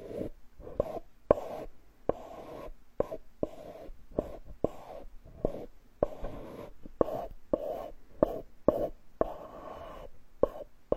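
Wooden sounds: sharp knocks and clicks arrive irregularly, several per second, with rough scraping and rubbing between them. The tone is mid-pitched and dry, and brief silences break up the activity.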